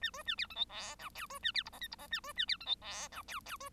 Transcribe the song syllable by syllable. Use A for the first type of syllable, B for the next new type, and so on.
A B A C D E F G H B A C I J K I J A B A C D E F G H H B